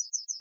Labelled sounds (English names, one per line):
Yellowhammer song